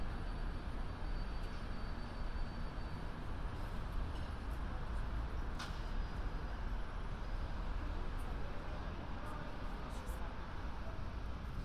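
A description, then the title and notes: A walk around London on New Year's Eve, heard as a thick, steady roar of traffic or train noise that barely changes for the whole stretch. The rumble sits low and dense, with a faint thin whine above and a single sharp tick near the middle. A walk around London, new years eve.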